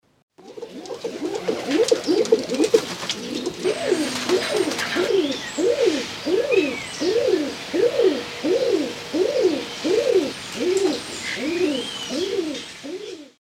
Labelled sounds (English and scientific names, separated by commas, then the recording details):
Rock Dove (Columba livia)
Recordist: Tembrock, Günter
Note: Balzfolgen